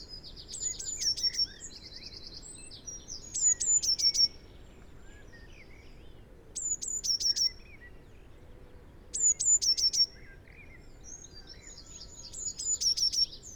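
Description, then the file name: Eurasian blue tit song repeated several times, high thin notes ending in a short trill, mixed with faint chattering and twittering from other birds. "Cyanistes caeruleus"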